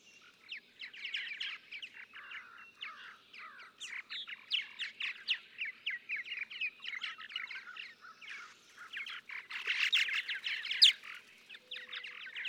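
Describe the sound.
Purple martin chatter: a steady stream of rapid, croaking and gurgling notes, growing busier and louder toward the end.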